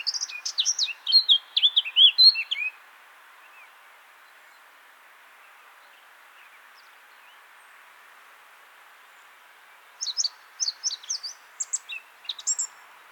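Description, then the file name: Eurasian blackcap singing a short burst of quick notes, then a long quiet pause before another quick, chattering phrase begins. "Sylvia atricapilla"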